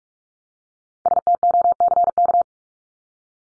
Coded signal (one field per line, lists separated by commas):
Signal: Morse code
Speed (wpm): 44 wpm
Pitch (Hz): 700 Hz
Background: none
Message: STOCK